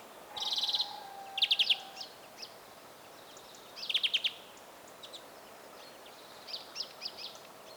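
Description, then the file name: European greenfinch calls: a short buzzy note, then two quick rattling bursts of chirps a few seconds apart, followed by faint scattered twitters. "Chloris chloris"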